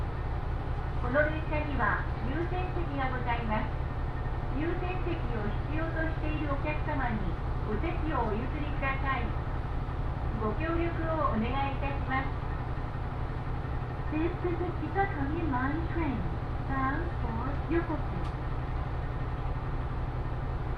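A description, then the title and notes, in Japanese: Aboard a train on the Tohoku and Kitakami lines, a steady low engine rumble hums beneath a man's voice talking in bursts throughout. 耳で楽しむ鉄道旅 東北本線・北上線 花巻→北上→和賀仙人。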